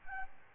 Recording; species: mosquito wingbeat signal from an infrared sensor; Aedes albopictus